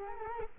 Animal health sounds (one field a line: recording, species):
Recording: mosquito wingbeat signal from an infrared sensor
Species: Culex quinquefasciatus